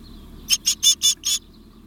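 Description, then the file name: Great tit calls: a single run of five evenly spaced, harsh buzzy notes, slightly softer toward the end, over a low background hum. "Parus major"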